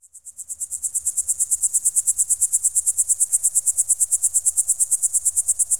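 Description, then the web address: Cricket giving a very high, fast, steady pulsing chirp, fading in at the start, with a faint low rumble beneath. Crickets in the countryside. "Best Service Advanced Media Trax Building Blocks Partition D D 3 COUNTRY CRICKETS"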